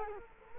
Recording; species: mosquito wingbeat signal from an infrared sensor; Culex quinquefasciatus